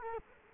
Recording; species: mosquito wingbeat signal from an infrared sensor; Culex quinquefasciatus